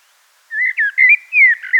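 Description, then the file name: Common blackbird fluty whistled song phrase: several mellow, slurred notes in quick succession, some rising and some falling, ending in a brief twitter. "Turdus merula"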